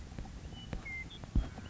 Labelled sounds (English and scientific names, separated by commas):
Western Meadowlark (Sturnella neglecta)